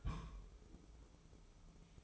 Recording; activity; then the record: daily activity, microphone in the room; place on stove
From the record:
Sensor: 1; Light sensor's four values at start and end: 27/96/36/37 and 26/95/36/37